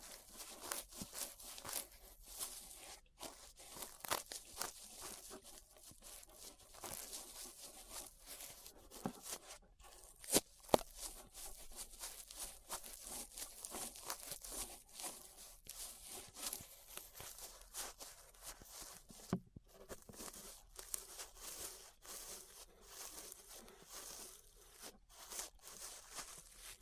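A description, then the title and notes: Ear brushing makes a soft, continuous scratchy rustle, thick with quick crinkly strokes that crowd together with almost no pause. The texture stays bright and hissy throughout, with brief louder scrapes near ten and nineteen seconds and short dips into near silence. ASMR Relaxing 3Dio Ear Brushing (No Talking).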